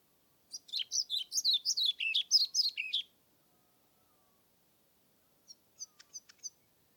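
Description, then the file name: European Pied Flycatcher song: a quick run of many high, sweet, see-sawing notes over about two and a half seconds, then a few short faint high notes after a pause. Submitted recording dated 25 May 2021 from Nordvik, made with a Zoom recorder. "20210525 svarthvit nordvik zoom"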